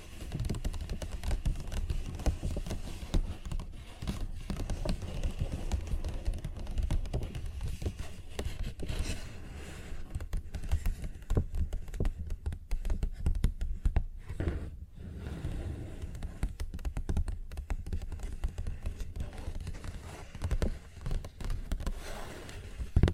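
A paper bag being tapped and scratched, with dense, irregular crinkling and brushing that continues without pause for the whole stretch. Quick tapping hits and rustles run together, heavy in the low end, with a brief lull around fifteen seconds before the scratching picks up again.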